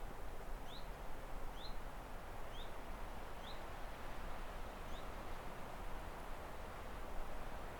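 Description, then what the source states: Bird giving several thin rising chirps roughly a second apart, almost buried under constant gusty wind noise. Windy.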